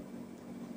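The micro USB plug of an intraoral camera cable is pressed hard into the supplied USB type-C adapter, which should give a small click that ensures a complete connection. Only a steady low hum is heard, with no distinct click or sudden sound. Nothing has seated or clicked yet.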